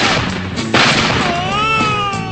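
A single sharp, loud gunshot sound effect cracks out over a continuous noisy background, followed by a wavering, whistling whine that bends in pitch and then fades.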